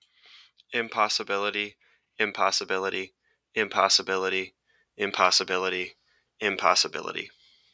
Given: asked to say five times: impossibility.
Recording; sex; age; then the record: repeated word; male; 20 to 29 years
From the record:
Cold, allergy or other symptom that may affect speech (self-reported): no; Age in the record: 24 years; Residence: Ohio, United States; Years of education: 17